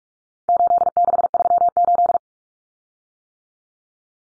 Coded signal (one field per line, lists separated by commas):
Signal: Morse code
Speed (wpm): 44 wpm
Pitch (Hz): 700 Hz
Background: none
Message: 8638